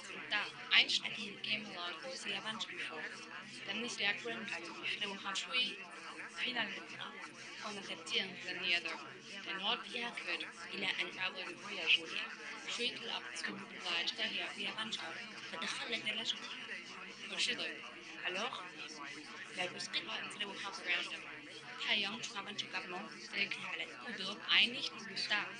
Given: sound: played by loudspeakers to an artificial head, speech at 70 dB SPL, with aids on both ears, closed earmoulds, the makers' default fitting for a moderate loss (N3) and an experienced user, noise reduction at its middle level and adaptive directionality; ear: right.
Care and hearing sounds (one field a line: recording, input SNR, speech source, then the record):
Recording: speech test signal (ISTS) in cocktail-party noise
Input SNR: -6 dB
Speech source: in front (0 degrees)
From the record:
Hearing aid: class 2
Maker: F